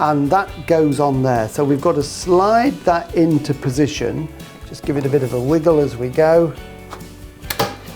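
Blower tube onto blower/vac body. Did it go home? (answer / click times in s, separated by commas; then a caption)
yes / 7.5 s. A plastic blower tube is slid and wiggled onto the front of a 40-volt cordless blower/vac (BV6040VZ) while someone talks over music. A sharp click at 7.5 seconds marks the tube latching into place, confirming it is seated.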